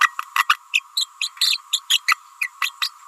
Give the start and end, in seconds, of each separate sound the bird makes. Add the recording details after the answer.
0.00-0.07, 0.35-0.44, 0.49-0.56, 0.73-0.81, 0.96-1.06, 1.20-1.30, 1.41-1.59, 1.72-1.80, 1.89-2.00, 2.08-2.16, 2.41-2.48, 2.61-2.72, 2.81-2.90. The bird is a female. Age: 29 days. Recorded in a nest box in Venezuela. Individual 17B31A3